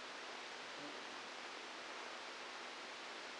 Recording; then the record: brain microelectrode recording played as sound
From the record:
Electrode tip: outside the subthalamic nucleus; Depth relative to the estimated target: 3 mm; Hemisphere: left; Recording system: NeuroSet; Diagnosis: Parkinson's disease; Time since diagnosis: 12 years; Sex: male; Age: 61 years